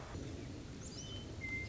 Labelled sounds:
Western Meadowlark (Sturnella neglecta)
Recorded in Sonoma County, California

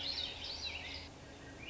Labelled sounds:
Swainson's Thrush (Catharus ustulatus)
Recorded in Sonoma County, California

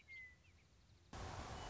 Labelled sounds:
Western Meadowlark (Sturnella neglecta)
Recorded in Sonoma County, California

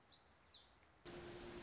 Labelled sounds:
Black-throated Gray Warbler (Setophaga nigrescens)
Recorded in Sonoma County, California

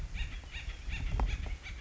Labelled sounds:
Acorn Woodpecker (Melanerpes formicivorus)
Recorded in Sonoma County, California

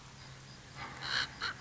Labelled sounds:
American Crow (Corvus brachyrhynchos)
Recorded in Sonoma County, California

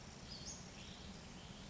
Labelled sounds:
Western Flycatcher (Empidonax difficilis)
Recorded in Sonoma County, California

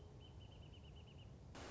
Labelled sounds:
Wrentit (Chamaea fasciata)
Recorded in Sonoma County, California

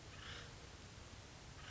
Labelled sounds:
Acorn Woodpecker (Melanerpes formicivorus)
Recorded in Sonoma County, California

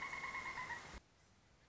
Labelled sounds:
Pileated Woodpecker (Dryocopus pileatus)
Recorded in Sonoma County, California

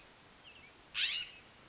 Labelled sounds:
California Scrub-Jay (Aphelocoma californica)
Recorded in Sonoma County, California

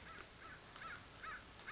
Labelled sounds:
American Crow (Corvus brachyrhynchos)
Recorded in Sonoma County, California

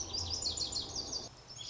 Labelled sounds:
Lazuli Bunting (Passerina amoena)
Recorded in Sonoma County, California

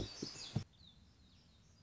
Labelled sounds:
Black-throated Gray Warbler (Setophaga nigrescens)
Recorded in Sonoma County, California

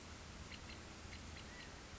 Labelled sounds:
California Quail (Callipepla californica)
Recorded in Sonoma County, California

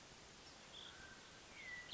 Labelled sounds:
Hermit Thrush (Catharus guttatus)
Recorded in Sonoma County, California

